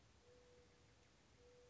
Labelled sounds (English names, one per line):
Mourning Dove